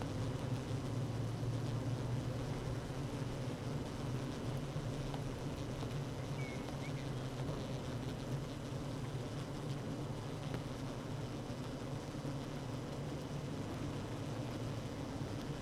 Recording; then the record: honeybee colony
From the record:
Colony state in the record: active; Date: 12 June 2018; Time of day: 16:37